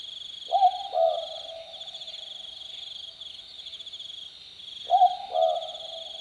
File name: 22 h 18 m 42 s 17 feb 2014 summer-night 1-boobook